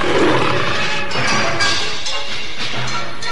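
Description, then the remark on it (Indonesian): A fierce, strong striped tiger roars and growls in a loud, continuous rumble, with deep throaty tones and rough bursts surging over a few seconds. No one speaks. “harimau itu cukup ganas dan tenaganya pun cukup besar.”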